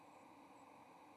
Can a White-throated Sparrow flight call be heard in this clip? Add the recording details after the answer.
no. Another species' flight call is heard. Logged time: 09:15 on 30 October 2014